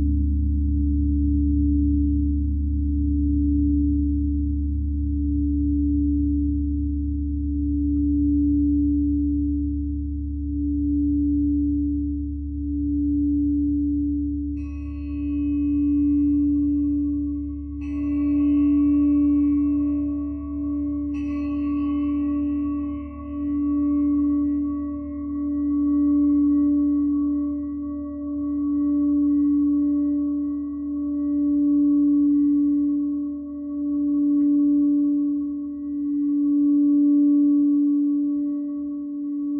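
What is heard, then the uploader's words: Singing bowls drone steadily, a deep hum beneath a pulsing mid tone that swells and fades in slow regular waves about every two seconds. Near 15, 18 and 21 seconds, bright bowls are struck, their shimmering high rings lingering and slowly fading to the end. Soundscape singing bowls.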